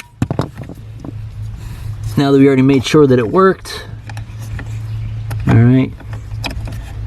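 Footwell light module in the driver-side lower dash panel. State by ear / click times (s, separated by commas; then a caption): seated / 6.5 s. A footwell light module is pushed up into the driver-side lower dash panel opening of a 2020 RAM, clip facing outward, while someone talks over a steady low hum. Light plastic taps and handling clicks come and go throughout, and a sharp click at 6.5 s marks the light seating into the dash.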